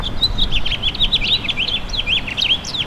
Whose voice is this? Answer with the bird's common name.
House Finch